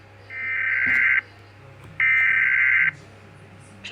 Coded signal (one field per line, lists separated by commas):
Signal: Emergency Alert System (SAME) tones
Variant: header bursts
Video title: Rating EAS Alarms Part 10: More alarms